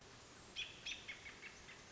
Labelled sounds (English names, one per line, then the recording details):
American Robin
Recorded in Sonoma County, California